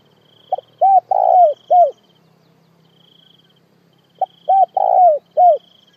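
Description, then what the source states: Spotted dove cooing two four-note phrases about four seconds apart; a faint high insect-like buzz comes and goes, and a low hum sits underneath. Dove calling the flock.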